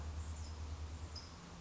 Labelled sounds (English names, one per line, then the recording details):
California Towhee
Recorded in Sonoma County, California